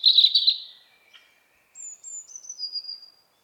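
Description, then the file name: European robin: a short bright warble, then a pause and a high, thin descending whistle. "Erithacus rubecula"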